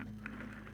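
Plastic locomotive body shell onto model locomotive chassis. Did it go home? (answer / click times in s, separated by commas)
yes / 0.3 s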